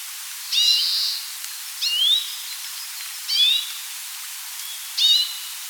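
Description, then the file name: Grey-capped greenfinch calls: short rising twittery notes with a buzzy burst, repeated about every one and a half seconds over steady hiss. "Carduelis sinica"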